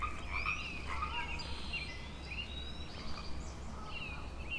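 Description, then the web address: Frogs calling in chorus, many overlapping notes, with a constant low rumble beneath. Frog chorus at Grafton Lake, recorded 3 May 2009. "The Frog Chorus Tunes Up On Grafton Lake frogs 090503"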